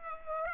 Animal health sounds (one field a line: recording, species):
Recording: mosquito wingbeat signal from an infrared sensor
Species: Culex pipiens